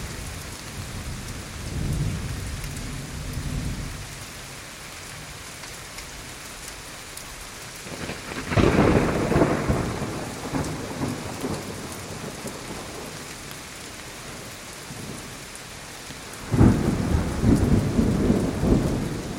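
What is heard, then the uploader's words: Rolling thunder drums through a steady patter of rain. A low rumble swells near two seconds, then a louder crack and long roll breaks in around eight seconds, and another sharp burst arrives near sixteen and a half seconds before the rain fills in again. Epic Thunderstorm Sounds. Mighty, rolling thunder drums in the sky, as rain patters outside.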